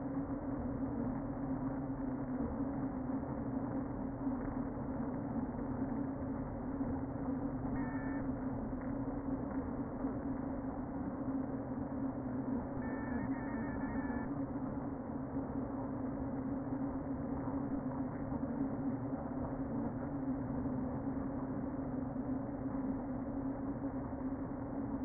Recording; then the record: honeybee colony, microphone inside the hive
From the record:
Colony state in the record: queen present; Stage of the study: before two queens were removed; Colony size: about 60,000 bees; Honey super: yes